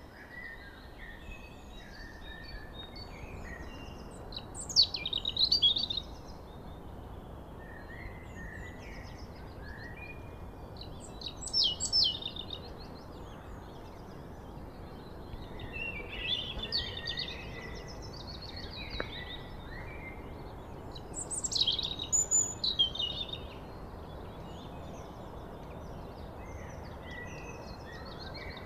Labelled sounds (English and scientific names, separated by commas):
European Robin (Erithacus rubecula) song